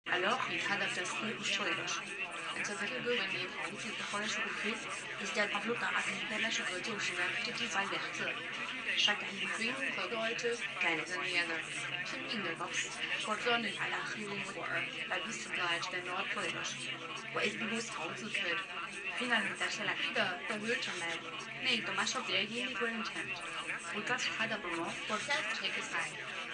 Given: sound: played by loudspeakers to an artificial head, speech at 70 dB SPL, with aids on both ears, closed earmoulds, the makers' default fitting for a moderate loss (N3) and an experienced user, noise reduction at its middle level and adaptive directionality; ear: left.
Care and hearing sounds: speech test signal (ISTS) in cocktail-party noise; +3 dB; on the right (90 degrees)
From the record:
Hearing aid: class 2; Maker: G

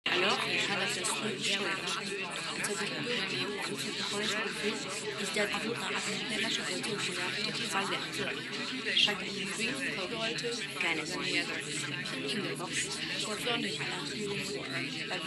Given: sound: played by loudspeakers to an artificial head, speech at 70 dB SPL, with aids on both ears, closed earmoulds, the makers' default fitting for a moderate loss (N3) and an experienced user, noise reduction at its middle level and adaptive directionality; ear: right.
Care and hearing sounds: speech test signal (ISTS) in cocktail-party noise; -6 dB; in front (0 degrees)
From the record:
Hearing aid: class 1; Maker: E

